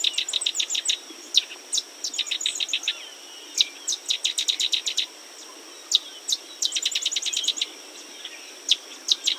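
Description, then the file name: Sedge wren chattering steadily, with dry, insect-like staccato trills repeated in quick bursts separated by short pauses. "Sedge Wren - Cistothorus stellaris"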